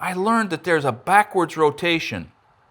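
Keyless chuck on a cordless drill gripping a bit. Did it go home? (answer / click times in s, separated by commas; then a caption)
no / none. A man talks while handling the keyless chuck of a cordless drill that grips a bit, after tightening it by hand and before turning it in reverse. Only his voice is heard, then near silence after about 2.3 seconds. Nothing has clicked or locked yet when the clip ends.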